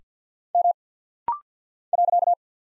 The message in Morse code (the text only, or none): M .